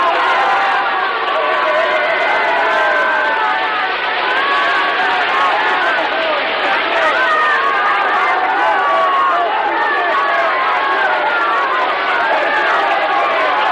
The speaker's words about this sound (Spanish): Los niños se han levantado y corren. Corren ensimismados de un lado para otro. Gritan, afirman que venga la Virgen. La multitud les sigue enloquecida.